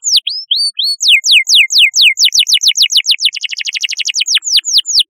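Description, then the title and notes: Canary song: fast, loud series of sharp notes sweeping down from high pitch, speeding into a rapid rattling trill, then slowing into longer descending sweeps. Chirping song. "Kicau Burung Kenari"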